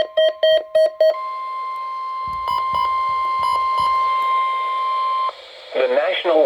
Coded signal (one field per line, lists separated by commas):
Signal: Emergency Alert System (SAME) tones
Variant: 1050 Hz attention tone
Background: speech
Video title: NOAA WX FAIL: Three Required Weekly Tests! 2/24/21 (EAS #149-151)